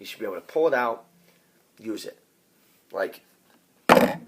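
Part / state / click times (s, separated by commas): knife blade locking into the open position in its folding handle / not seated / none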